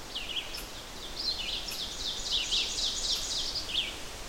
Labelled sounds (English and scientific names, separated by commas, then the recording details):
Ovenbird (Seiurus aurocapilla) song
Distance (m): 35 m
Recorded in boreal forest in Alberta, Canada, on 12 June 2016 at 06:00
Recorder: SongMeter 3, array SBT-3-18
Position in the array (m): 229 m, 89 m
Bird 31